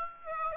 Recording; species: mosquito wingbeat signal from an infrared sensor; Aedes aegypti